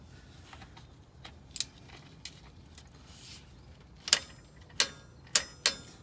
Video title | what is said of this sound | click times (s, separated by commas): TRANSMISSION FLUID CHANGE! | right you hear to click good to go | 4.8 s